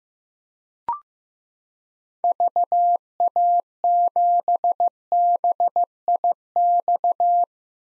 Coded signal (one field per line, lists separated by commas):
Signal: Morse code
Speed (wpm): 15 wpm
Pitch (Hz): 700 Hz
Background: none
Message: VA7BIX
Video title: 2023 POTA Activator Call Signs - 15wpm